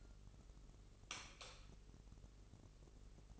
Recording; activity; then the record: daily activity, microphone in the room; light off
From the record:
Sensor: 4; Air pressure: 996.1 hPa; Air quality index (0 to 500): 65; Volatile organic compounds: 2 ppm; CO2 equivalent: 1179 ppm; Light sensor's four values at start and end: 18/46/18/18 and 15/34/14/13